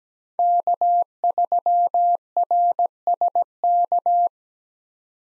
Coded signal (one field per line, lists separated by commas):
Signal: Morse code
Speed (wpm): 17 wpm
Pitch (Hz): 700 Hz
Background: none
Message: K3RSK